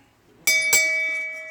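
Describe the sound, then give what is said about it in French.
The bell of the bar Le Phare, known as Chez Bourrel, at 8 Rue Lhermitte, Dunkerque, France, is struck twice in quick succession, each hit a bright clang, then a steady ringing tone hangs on and slowly fades. No one speaks. “On n'a pas eu la cloche du musée portuaire, mais on a eu la cloche du Bourrel, du phare.”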